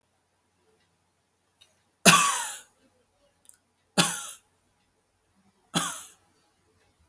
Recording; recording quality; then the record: heavy voluntary cough; excellent, no background noise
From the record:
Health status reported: healthy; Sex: male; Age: 27 years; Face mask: not worn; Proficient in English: yes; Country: India